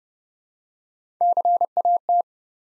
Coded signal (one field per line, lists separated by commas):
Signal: Morse code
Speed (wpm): 30 wpm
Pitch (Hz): 700 Hz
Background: none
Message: CAT